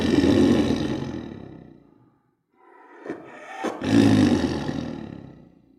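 Tiger roars: two deep, rough, drawn-out roars separated by a pause, each fading away, with a few short sharp sounds just before the second.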